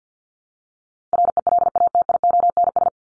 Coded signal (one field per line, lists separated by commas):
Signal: Morse code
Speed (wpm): 48 wpm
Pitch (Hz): 700 Hz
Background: none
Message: RELATIONS